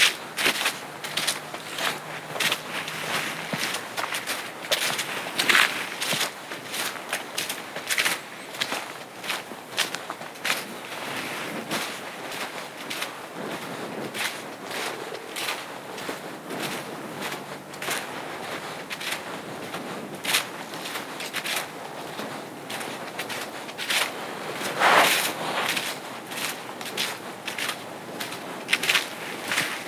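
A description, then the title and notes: Footsteps crunch steadily along a trail at night, fairly regular, with crackling scuffs of gravel or leaves throughout. A few sharper, brighter snaps stand out near five and twenty-five seconds, and a faint low hum sits briefly underneath early on. A Night Hike on Appleton Trail. A pitch-black night hike on the Appleton Trail.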